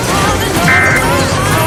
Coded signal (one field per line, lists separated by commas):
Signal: Emergency Alert System (SAME) tones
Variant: end-of-message bursts